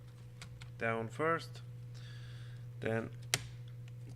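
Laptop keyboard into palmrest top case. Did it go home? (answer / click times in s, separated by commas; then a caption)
yes / 3.3 s. A replacement keyboard for a Lenovo IdeaPad 300 laptop is set into the palmrest top case, and its corners are pushed down until the plastic retaining clips snap in. Someone talks, and a sharp click at 3.3 seconds marks the keyboard seating in place, with a few faint ticks shortly after.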